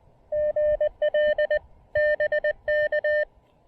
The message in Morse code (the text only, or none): GL BK